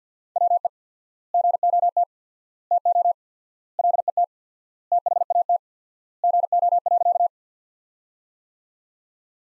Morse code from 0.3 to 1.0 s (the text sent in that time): WE